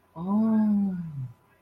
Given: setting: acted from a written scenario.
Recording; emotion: vocal sound without words; awe